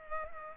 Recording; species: mosquito wingbeat signal from an infrared sensor; Culex pipiens